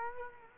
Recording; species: mosquito wingbeat signal from an infrared sensor; Culex quinquefasciatus